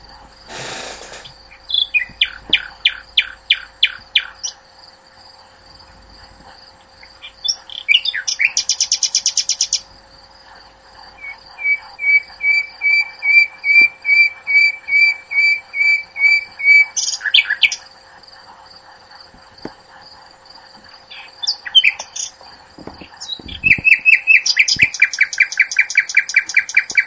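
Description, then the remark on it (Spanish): A nightingale sings alone in varied phrases: rapid repeated chirps, buzzy trills and long rhythmic series of high, bright notes, with short pauses between bursts and a faint steady hum underneath. “Y efectivamente, es el ruiseñor.”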